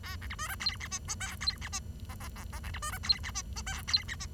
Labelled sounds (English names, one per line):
Bengalese Finch song